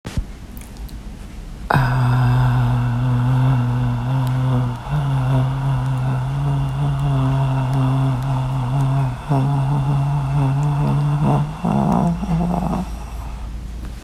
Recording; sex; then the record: sustained vowel /a/; female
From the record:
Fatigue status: fatigue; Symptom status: symptomatic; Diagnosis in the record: COVID-19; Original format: m4a